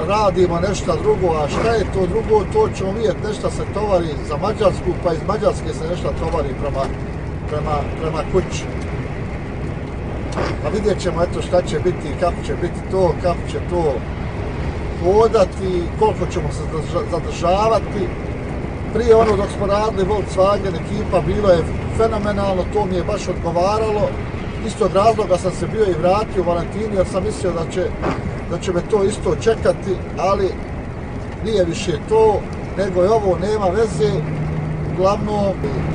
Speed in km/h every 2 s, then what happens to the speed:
87, 87, 87, 87, 87, 87, 87, 88, 88, 88, 88, 87, 87, 87, 87, 87, 88, 90.
0-36 steady at about 87.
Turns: none.